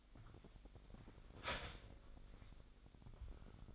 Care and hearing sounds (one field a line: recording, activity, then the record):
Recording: daily activity, microphone in the room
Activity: start toaster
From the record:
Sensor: 5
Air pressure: 1002.1 hPa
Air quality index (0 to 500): 205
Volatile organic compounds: 19 ppm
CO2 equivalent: 2646 ppm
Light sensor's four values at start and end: 33/108/41/44 and 33/108/41/44